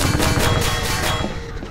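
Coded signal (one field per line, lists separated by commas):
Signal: none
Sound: game music beeps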